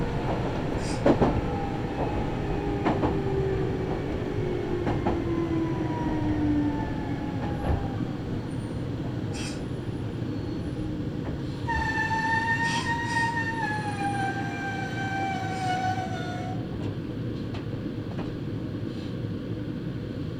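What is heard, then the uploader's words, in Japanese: A train rolls along with a steady, dense low rumble and occasional sharp clicks from the rails. Thin whining tones slide downward through the first seconds, and from about twelve to sixteen seconds a clear, bright whine sounds and slowly falls as the train slows. 名鉄尾西線 玉ノ井→名鉄一宮→津島→弥富。名前の通り尾張の西側を走るのでほぼ単線区間ですが、乗車率はそこそこあります。弥富はＪＲと同じホームに停まるので、最後のところはＪＲ駅に到着した列車の音が入っています。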